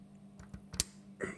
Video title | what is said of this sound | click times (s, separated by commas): Singer 201 Needle Hook Timing and Random Skipped Stitch Fix | Okay, you can hear the snap. | 0.8 s